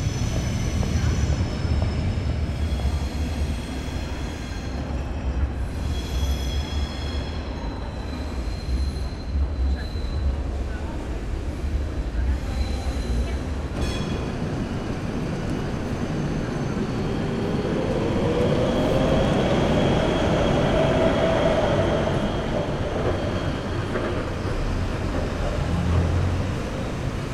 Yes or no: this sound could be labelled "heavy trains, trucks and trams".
yes